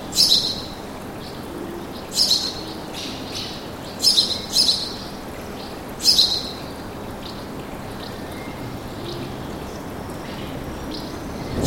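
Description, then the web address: Birds calling with a few short, high chirps, some paired, then a long quiet stretch before another chirp at the very end. Birds singing in a park with an urban atmosphere. "sonido de la atmosfera urbana con pajaros cantando en el parque"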